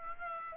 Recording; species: mosquito wingbeat signal from an infrared sensor; Aedes aegypti